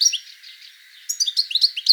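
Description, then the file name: European goldfinch calls: quick, liquid, high twittering notes, soft at first, then a brighter burst of tinkling chirps in the second half. "Carduelis carduelis"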